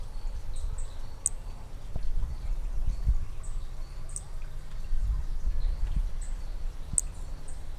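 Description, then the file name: Hermogenes' flea-toad calling with single sharp high notes roughly every three seconds, over a steady low rumbling background. Individual 3, recorded at Picinguaba on 13 December 2017; six notes noted as lost. "B hermogenesi Picinguaba ind 3 6 notas perdidas 13 dez 2017 MRB"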